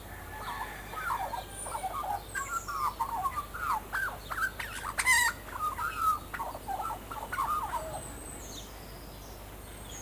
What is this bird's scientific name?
Gymnorhina tibicen